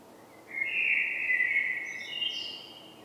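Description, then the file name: Common blackbird song phrase: a smooth fluting warble closing with brief high-pitched squeaky notes. "Turdus merula"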